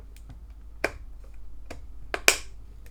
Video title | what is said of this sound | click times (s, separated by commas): How to Install RAM Sticks? | And now, you can hear that click sound. | 2.1 s, 2.3 s